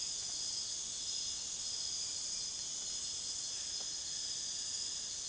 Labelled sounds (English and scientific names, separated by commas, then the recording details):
none
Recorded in dense forest near Puerto Asís, Putumayo, Colombia, on 29 June 2025 at 02:30
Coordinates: 0.484, -76.325
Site H65